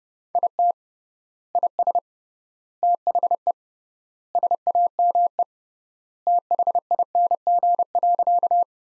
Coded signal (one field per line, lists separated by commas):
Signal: Morse code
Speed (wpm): 31 wpm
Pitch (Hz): 700 Hz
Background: none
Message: IT IS THE SAME THING.